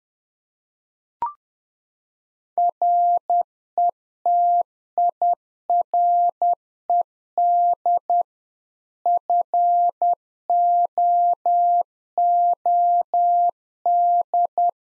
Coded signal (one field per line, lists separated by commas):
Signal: Morse code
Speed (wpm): 10 wpm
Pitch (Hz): 700 Hz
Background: none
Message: RETIRED FOOD